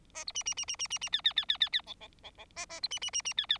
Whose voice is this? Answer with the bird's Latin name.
Lonchura striata domestica